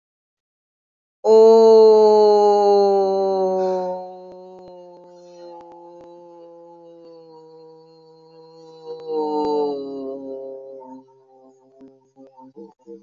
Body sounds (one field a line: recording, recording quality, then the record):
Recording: sustained vowel as in boot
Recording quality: excellent, no background noise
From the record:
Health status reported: healthy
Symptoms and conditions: none ticked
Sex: female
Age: 66 years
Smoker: not ticked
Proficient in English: yes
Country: India